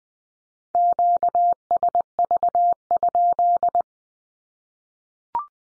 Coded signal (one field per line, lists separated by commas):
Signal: Morse code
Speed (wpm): 20 wpm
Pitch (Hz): 700 Hz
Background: none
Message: QSV?